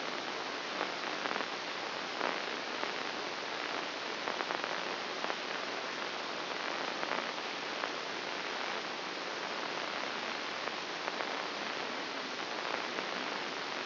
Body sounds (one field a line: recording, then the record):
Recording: brain microelectrode recording played as sound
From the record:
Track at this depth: inside the subthalamic nucleus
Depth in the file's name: 6.305 mm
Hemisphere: left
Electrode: 2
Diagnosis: Parkinson's disease